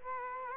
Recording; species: mosquito wingbeat signal from an infrared sensor; Culex quinquefasciatus